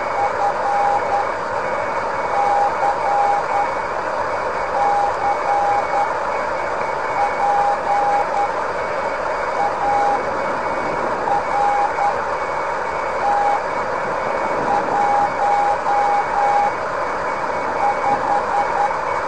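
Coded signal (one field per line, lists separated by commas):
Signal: Morse code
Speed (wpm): 10 wpm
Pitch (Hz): 810 Hz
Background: none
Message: FCCPART15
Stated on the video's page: Amateur longwave beacon on 187 kHz (1750 m), FCC Part 15 low power, AM88 transmitter at 1 watt input, 5 to 7 mW ERP, received on a DX440.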